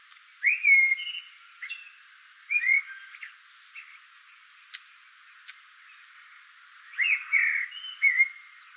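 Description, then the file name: Eurasian blackbird giving rich fluted song phrases with high squeaky endings, separated by quiet gaps with a few faint clicks. "Turdus merula"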